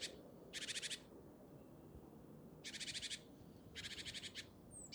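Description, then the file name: Great tit harsh churring calls, three buzzy rattled bursts of rapid notes spaced about a second or two apart, with a brief high note at the end. "Parus major"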